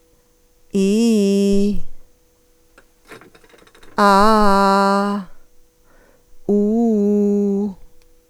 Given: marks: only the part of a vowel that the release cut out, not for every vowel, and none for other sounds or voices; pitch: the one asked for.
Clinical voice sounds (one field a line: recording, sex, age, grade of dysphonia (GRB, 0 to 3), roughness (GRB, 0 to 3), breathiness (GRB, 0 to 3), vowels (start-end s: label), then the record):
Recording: sustained vowels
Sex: female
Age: 50 to 59 years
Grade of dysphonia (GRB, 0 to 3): 0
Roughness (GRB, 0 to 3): 0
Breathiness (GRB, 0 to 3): 0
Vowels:
0.79-1.65 s: vowel /i/, low-high-low pitch
4.04-5.09 s: vowel /a/, low-high-low pitch
6.53-7.64 s: vowel /u/, low-high-low pitch
From the record:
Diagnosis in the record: dysphonia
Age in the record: 51 years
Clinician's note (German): Ponogen, multifaktoriell